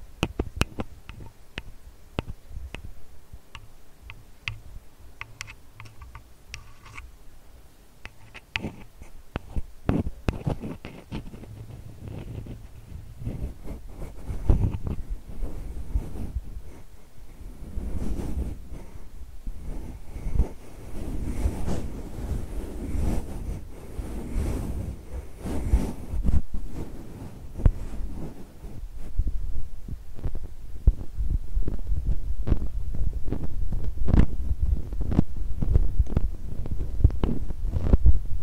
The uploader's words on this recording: ASMR tapping, scratching, touching [no talking].